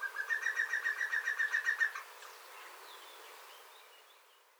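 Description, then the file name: European green woodpecker song, a rapid laughing run of many even notes lasting about two seconds. Song given by a perched bird. "PIC VERT CHANT perche"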